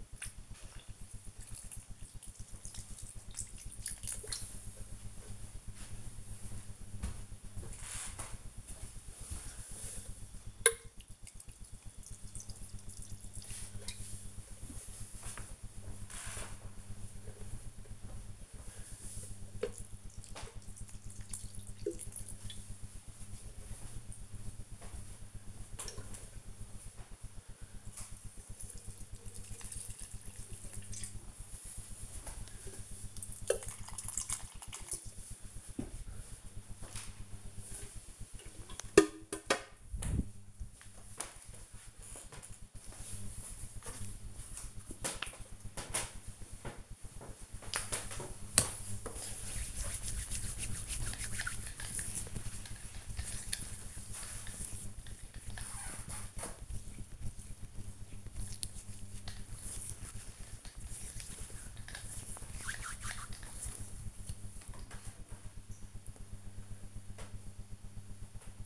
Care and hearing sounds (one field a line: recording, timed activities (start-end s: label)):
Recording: household activities, microphone on the right wrist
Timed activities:
0.00-38.49 s: watering plant
44.54-63.71 s: cream hands